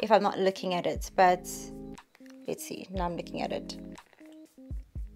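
Someone talks over background music while handling the leather flap of a Louis Vuitton Vavin Chain Wallet, moving it toward its magnetic clasp, with a few soft handling sounds near the end. Nothing has seated or clicked yet.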